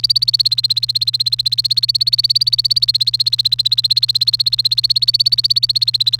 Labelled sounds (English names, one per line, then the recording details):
Domestic Canary song
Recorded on 28 April 2018 at 13:50
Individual llb3